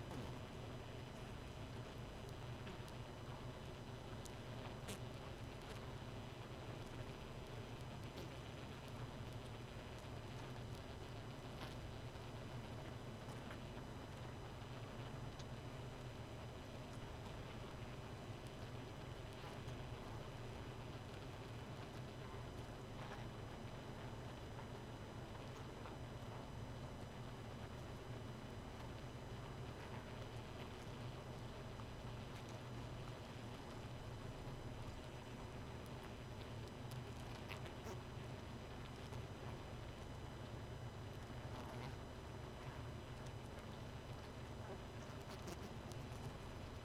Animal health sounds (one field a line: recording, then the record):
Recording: honeybee colony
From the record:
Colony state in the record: missing queen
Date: 31 May 2018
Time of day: 1:29